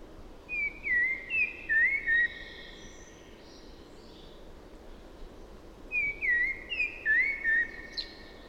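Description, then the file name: Common blackbird song: rich, low whistled notes slurring up and down, with soft high twitters, delivered as two phrases about five seconds apart. "Turdus merula"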